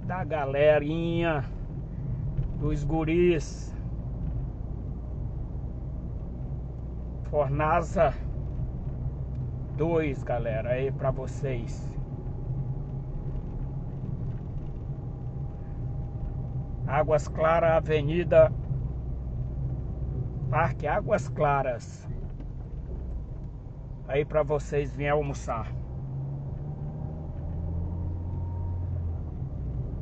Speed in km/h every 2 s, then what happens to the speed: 29, 33, 35, 36, 38, 39, 39, 37, 37, 34, 17, 21, 28, 36, 36.
0-9 speeds up to 39. 9-16 steady at about 37. 16-20 brakes to 17. 21-30 speeds up to 36.